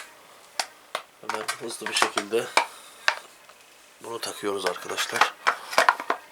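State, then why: Not seated. A shotgun part is being quickly fitted back onto a shotgun during reassembly. Sharp metallic handling taps sound at about 0.6, 1.0 and 3.1 seconds, with a cluster near 5.5–5.9 seconds, while someone talks. Nothing has seated or clicked yet by the end of the clip.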